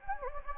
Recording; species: mosquito wingbeat signal from an infrared sensor; Anopheles gambiae